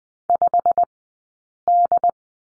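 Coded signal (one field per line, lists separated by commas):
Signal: Morse code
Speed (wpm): 20 wpm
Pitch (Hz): 700 Hz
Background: none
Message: 5D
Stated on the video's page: Morse code course lesson on the letter M, two-character drill, Farnsworth speed of 20/10 wpm.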